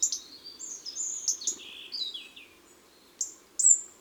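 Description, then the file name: European robin song: a cascade of sweet high whistles descending in pitch, then a pause before two sharp, very high notes, faint hum in the background. "Rougegorge familier"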